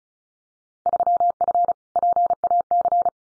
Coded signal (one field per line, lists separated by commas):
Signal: Morse code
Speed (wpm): 33 wpm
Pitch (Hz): 700 Hz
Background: none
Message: 3F PAC